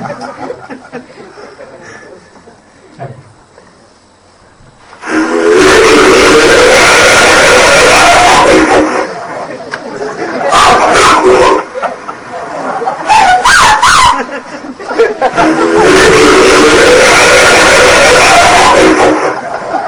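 Alleged Bigfoot vocalizations recorded in the High Sierras of California in 1978: loud, harsh, raspy howls and chortling, snicker-like bursts in several long stretches, separated by brief quieter pauses over a faint background hiss.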